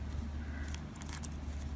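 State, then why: Seated. The zipper-type closure on a handmade crocheted jumbo-yarn bag is worked by hand: the material is gathered, and the two sides are pulled down and opened sideways, with soft rustling and a few faint ticks over a low steady hum. At 1.3 s the closure piece seats into place with a sharp click.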